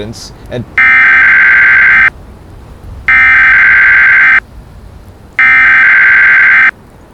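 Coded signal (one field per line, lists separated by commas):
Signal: Emergency Alert System (SAME) tones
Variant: header bursts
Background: speech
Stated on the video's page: Fictional EAS scenario, simulated.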